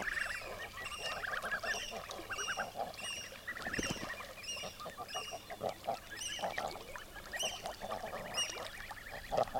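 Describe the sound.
Common eiders cooing and honking in an overlapping flock, while shrill, stacked high calls ring out repeatedly over them.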